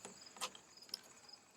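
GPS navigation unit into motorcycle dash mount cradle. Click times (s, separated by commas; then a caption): 0.9 s. A GPS navigation unit is pushed down into its dash mount cradle on a 2017 BMW R1200 GS Adventure Triple Black motorcycle. Quiet handling ticks come before and after a sharp click at 0.9 s, when the unit locks into place and is seated.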